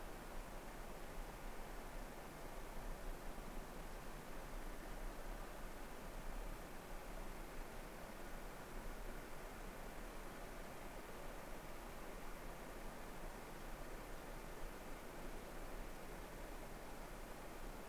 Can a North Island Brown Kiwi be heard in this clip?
no